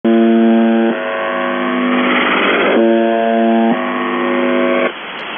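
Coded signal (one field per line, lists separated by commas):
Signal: channel marker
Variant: UVB-76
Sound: three harsh low buzzes, about one second each, separated by radio hiss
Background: radio static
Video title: The Buzzer/UVB-76(4625Khz) September 4, 2021 05:58UTC Voice message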